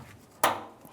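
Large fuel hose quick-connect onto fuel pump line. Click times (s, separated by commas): 0.4 s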